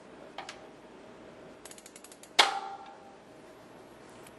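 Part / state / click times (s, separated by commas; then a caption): chain quick-link in a bicycle chain / seated / 2.4 s. With the rear wheel held, pressure on the pedal pulls a steel quick-link (missing link) in a bicycle chain tight, after it was closed but not yet locked. Quiet ratchet and drivetrain ticks come at about 0.4–0.5 s and 1.7–1.9 s. Then a loud, sharp snap at 2.4 s marks the link's plates locking into place.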